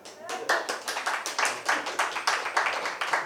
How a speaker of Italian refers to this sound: Votate e applaudite per la stazione centrale.